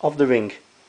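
A plastic Bricon 5000 electronic chip stick is being handled and brought to the hole of a pigeon leg-ring clip while someone talks. Nothing has seated or clicked into the ring clip yet.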